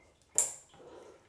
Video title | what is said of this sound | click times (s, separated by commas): How to Install a Bathroom Vanity: Step-by-Step Guide for Beginners | You hear that click? | 0.4 s